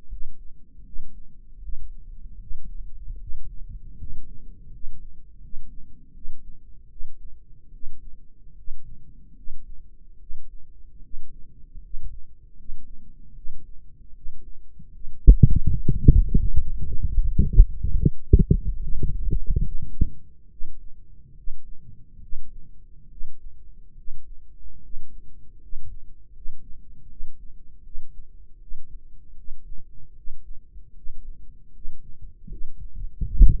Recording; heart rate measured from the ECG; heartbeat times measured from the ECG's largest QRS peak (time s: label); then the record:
heart sounds by microphone in the right ear; 76 bpm
0.08 s: heartbeat
0.84 s: heartbeat
1.61 s: heartbeat
2.39 s: heartbeat
3.19 s: heartbeat
3.97 s: heartbeat
4.71 s: heartbeat
5.40 s: heartbeat
6.13 s: heartbeat
6.89 s: heartbeat
7.72 s: heartbeat
8.55 s: heartbeat
9.35 s: heartbeat
10.19 s: heartbeat
11.01 s: heartbeat
11.81 s: heartbeat
12.56 s: heartbeat
13.34 s: heartbeat
14.14 s: heartbeat
14.92 s: heartbeat
15.67 s: heartbeat
16.38 s: heartbeat
17.15 s: heartbeat
17.95 s: heartbeat
18.80 s: heartbeat
19.62 s: heartbeat
20.49 s: heartbeat
21.34 s: heartbeat
22.20 s: heartbeat
23.09 s: heartbeat
23.96 s: heartbeat
24.81 s: heartbeat
25.59 s: heartbeat
26.32 s: heartbeat
27.08 s: heartbeat
27.83 s: heartbeat
28.59 s: heartbeat
29.36 s: heartbeat
30.15 s: heartbeat
30.94 s: heartbeat
31.72 s: heartbeat
32.48 s: heartbeat
33.22 s: heartbeat
From the record:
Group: healthy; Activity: rest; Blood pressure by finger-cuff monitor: 94/63 mmHg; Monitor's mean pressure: 71 mmHg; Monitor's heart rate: 76 bpm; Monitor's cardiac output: 5.7 L/min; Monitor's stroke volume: 75 mL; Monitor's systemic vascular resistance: 880 dyn s/cm5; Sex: female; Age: 22 years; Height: 163 cm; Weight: 67.1 kg